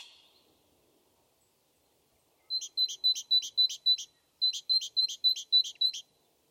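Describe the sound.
Great tit sings two quick runs of its seesawing two-note phrase, several repetitions each, a high pure tone then a downward note, after a short faint sound.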